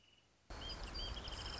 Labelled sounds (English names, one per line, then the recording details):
Wrentit
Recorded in Sonoma County, California